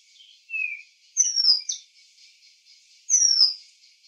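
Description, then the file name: Oriental magpie-robin song of clear whistles: a short flat note, then two loud sweeping notes that slide steeply downward, about two seconds apart, above a soft high hiss. "Copsychus saularis"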